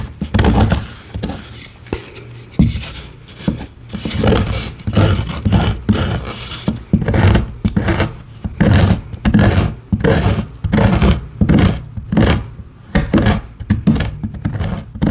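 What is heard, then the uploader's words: A crunchy block of dyed gym chalk is carved and crushed. Dense, irregular scraping and crumbling sounds come in quick bursts throughout, bright and gritty with a soft low thud beneath, growing busier in the second half. Carving a crunchy fuchsia dyed gym chalk block and crushing reforms into a dyed chalk bomb.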